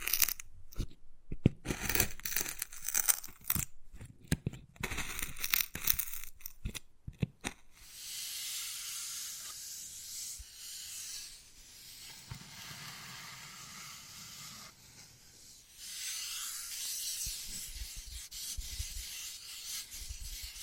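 Wood carving: quick bursts of sharp tapping and scraping for seven seconds, then longer steady hissing scrapes that fade and return near fifteen seconds.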